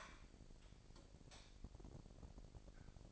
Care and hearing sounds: daily activity, microphone in the room; light off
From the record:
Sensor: 5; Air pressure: 1012.0 hPa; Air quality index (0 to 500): 247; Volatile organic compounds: 5 ppm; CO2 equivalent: 1710 ppm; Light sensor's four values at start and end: 43/101/42/45 and 41/96/40/42

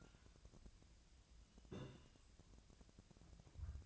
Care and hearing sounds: daily activity, microphone in the room; take from stove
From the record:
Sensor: 2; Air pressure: 1009.8 hPa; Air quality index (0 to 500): 180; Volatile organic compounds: 10 ppm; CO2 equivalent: 2253 ppm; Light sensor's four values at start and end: 32/78/34/37 and 32/78/34/37

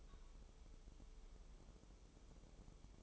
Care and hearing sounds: daily activity, microphone in the room; take from stove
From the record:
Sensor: 1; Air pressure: 988.3 hPa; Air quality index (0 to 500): 201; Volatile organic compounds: 1000 ppm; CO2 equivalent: 5400 ppm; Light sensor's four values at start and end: 26/97/37/39 and 26/97/37/39

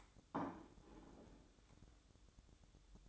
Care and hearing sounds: daily activity, microphone in the room; place plate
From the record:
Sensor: 3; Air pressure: 1007.5 hPa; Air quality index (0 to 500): 55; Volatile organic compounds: 1 ppm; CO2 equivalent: 595 ppm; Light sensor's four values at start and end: 9/21/8/9 and 9/21/8/9

